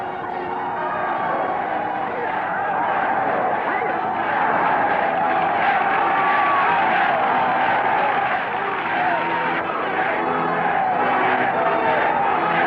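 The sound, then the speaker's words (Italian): A large crowd filling the streets of Munich cheers and roars in welcome of the Duce and the Führer, a dense, steady wash of voices at a fairly loud, even level with no clear breaks throughout. “Tutta Monaco è nelle vie. Le accoglienze sono deliranti.”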